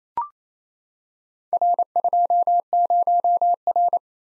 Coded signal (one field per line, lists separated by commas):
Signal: Morse code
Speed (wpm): 29 wpm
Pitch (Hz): 700 Hz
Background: none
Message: R20R